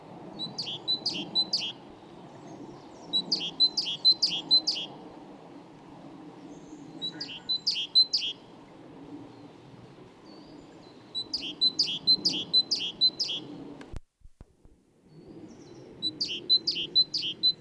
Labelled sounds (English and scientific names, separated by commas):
Great Tit (Parus major) call